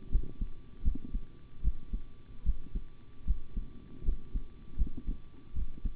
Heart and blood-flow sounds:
heart sounds by stethoscope; between the tricuspid and mitral areas; 77 bpm
0.10 s: heartbeat
0.83 s: heartbeat
1.62 s: heartbeat
2.44 s: heartbeat
3.25 s: heartbeat
4.03 s: heartbeat
4.76 s: heartbeat
5.54 s: heartbeat
From the record:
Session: rest, sitting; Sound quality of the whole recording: good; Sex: male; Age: 25 years

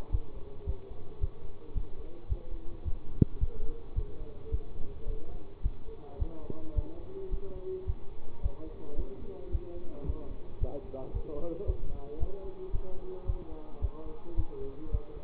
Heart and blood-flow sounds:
heart sounds by stethoscope; between the tricuspid and mitral areas; 109 bpm
0.11 s: heartbeat
0.66 s: heartbeat
1.20 s: heartbeat
1.74 s: heartbeat
2.29 s: heartbeat
2.85 s: heartbeat
3.40 s: heartbeat
3.95 s: heartbeat
4.51 s: heartbeat
5.07 s: heartbeat
5.63 s: heartbeat
6.19 s: heartbeat
6.75 s: heartbeat
7.31 s: heartbeat
7.86 s: heartbeat
8.42 s: heartbeat
8.97 s: heartbeat
9.52 s: heartbeat
10.06 s: heartbeat
10.60 s: heartbeat
11.13 s: heartbeat
11.66 s: heartbeat
12.20 s: heartbeat
12.72 s: heartbeat
13.26 s: heartbeat
13.81 s: heartbeat
14.36 s: heartbeat
14.91 s: heartbeat
From the record:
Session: bicycle stress test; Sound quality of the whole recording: good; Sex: male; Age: 24 years

